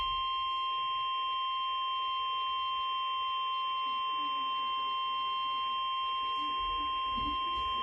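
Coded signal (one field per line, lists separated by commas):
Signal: Emergency Alert System (SAME) tones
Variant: 1050 Hz attention tone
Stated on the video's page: Real EAS alerts received from several stations over two days, including new stations and clear reception of alerts from Lake Charles.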